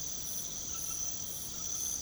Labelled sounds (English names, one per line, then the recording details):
none
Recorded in pastures near Puerto Asís, Putumayo, Colombia, on 9 March 2025 at 23:00
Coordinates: 0.486, -76.323
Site G075